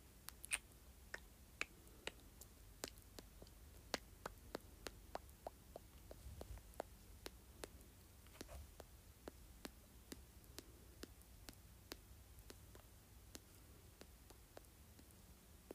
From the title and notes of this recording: ASMR Various Mouth Sounds.